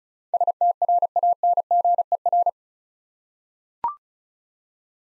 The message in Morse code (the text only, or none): STRANGER